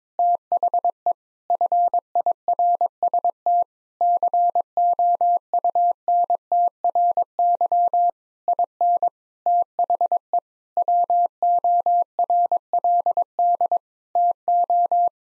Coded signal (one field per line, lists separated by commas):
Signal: Morse code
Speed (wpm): 22 wpm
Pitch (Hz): 700 Hz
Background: none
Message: THE FIRST COUNTRY IN THE WORLD TO